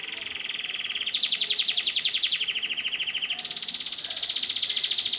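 Canary song: a long rapid trill of repeated notes in several sections of different pitch, the last and highest running to the end.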